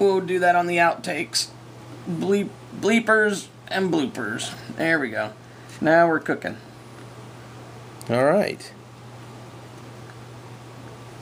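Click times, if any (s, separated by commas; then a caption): none. A small recoil buffer (spacer) is being fitted into an AK-47 rifle while someone talks over a steady low hum. A single faint tap comes at about 10.1 s, but the buffer has not seated yet on this first try and nothing has clicked.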